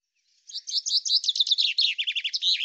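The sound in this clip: Common chaffinch song: a bright, rapid series of high chipping notes that drops slightly in pitch. No other sounds.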